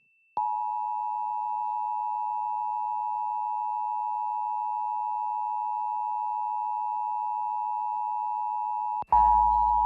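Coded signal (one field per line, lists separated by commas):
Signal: Emergency Alert System (SAME) tones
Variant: 853 and 960 Hz attention tone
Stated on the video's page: Pennsylvania Required Monthly Tests received from television stations.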